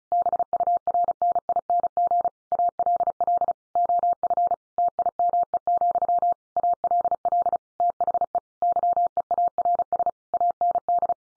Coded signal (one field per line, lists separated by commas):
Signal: Morse code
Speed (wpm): 34 wpm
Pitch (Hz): 700 Hz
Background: none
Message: BURNING ALL OF TIME, ALL THE YEARS AND